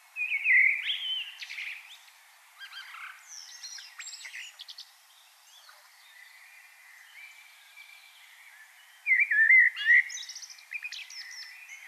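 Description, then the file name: Common blackbird giving rich fluty warbles and high scratchy twitters, with quieter passages between louder phrases and a faint hiss behind. "Turdus merula"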